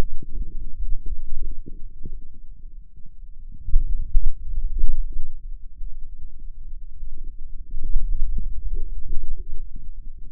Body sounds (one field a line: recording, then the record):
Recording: forearm muscle sounds (acoustic myography)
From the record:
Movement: pen grasping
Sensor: system 2, bracelet of six BSWA MPA416 microphones around the upper forearm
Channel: 5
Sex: male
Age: 22 years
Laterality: right